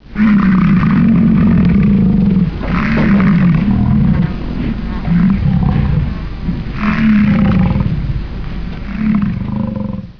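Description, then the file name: Buffalo bellowing: deep, rough, drawn-out roars, one long call at the start followed by several shorter, harsh bursts at irregular intervals, with a gritty low rumble throughout. "bufalo"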